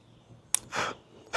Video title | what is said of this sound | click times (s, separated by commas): OTR drivetrain mystery | I heard a second snap, so that's probably the pin going all the way through. | 0.5 s